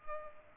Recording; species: mosquito wingbeat signal from an infrared sensor; Culex pipiens